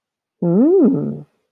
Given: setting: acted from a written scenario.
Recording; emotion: vocal sound without words; interest